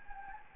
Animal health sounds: mosquito wingbeat signal from an infrared sensor; Anopheles gambiae

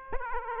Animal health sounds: mosquito wingbeat signal from an infrared sensor; Aedes aegypti

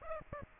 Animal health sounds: mosquito wingbeat signal from an infrared sensor; Aedes aegypti

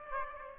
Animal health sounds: mosquito wingbeat signal from an infrared sensor; Aedes aegypti

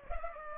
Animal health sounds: mosquito wingbeat signal from an infrared sensor; Culex pipiens

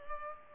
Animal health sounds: mosquito wingbeat signal from an infrared sensor; Culex pipiens

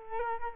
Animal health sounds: mosquito wingbeat signal from an infrared sensor; Culex quinquefasciatus

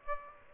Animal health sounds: mosquito wingbeat signal from an infrared sensor; Aedes aegypti

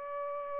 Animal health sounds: mosquito wingbeat signal from an infrared sensor; Aedes aegypti

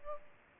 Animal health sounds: mosquito wingbeat signal from an infrared sensor; Culex pipiens

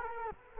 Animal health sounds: mosquito wingbeat signal from an infrared sensor; Culex quinquefasciatus

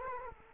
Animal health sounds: mosquito wingbeat signal from an infrared sensor; Culex quinquefasciatus

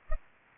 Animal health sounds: mosquito wingbeat signal from an infrared sensor; Culex pipiens

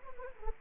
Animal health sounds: mosquito wingbeat signal from an infrared sensor; Anopheles gambiae

